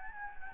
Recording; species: mosquito wingbeat signal from an infrared sensor; Anopheles gambiae